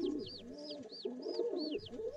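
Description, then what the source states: Feral pigeon cooing, low throaty rolling notes running through, with thin high arched chirps repeated several times above. Pigeons nesting in the chimney of a Paris apartment in summer; one morning they had young.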